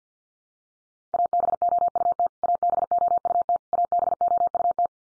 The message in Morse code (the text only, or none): ABOUT ABOUT ABOUT